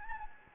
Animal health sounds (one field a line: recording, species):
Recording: mosquito wingbeat signal from an infrared sensor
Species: Anopheles gambiae